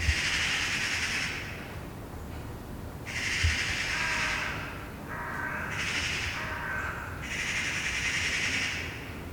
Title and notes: Saint-Gilles, Belgique - Magpies. Dimanche matin sur le balcon. Des pies jacassent dans un arbre. Sunday morning on the balcony. Magpies chattering in a tree